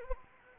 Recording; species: mosquito wingbeat signal from an infrared sensor; Anopheles arabiensis